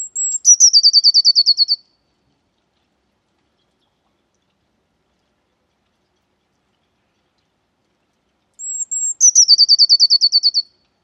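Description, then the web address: Eurasian blue tit song: two phrases about eight seconds apart, each with thin high whistled notes followed by a fast, slightly descending trill of about twelve notes. "cianscape birddata Deverinetal 2025 File origin Bird Only Cy Ca"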